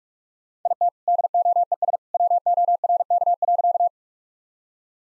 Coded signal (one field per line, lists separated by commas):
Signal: Morse code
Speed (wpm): 46 wpm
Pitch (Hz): 700 Hz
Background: none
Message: IT DOES WORK.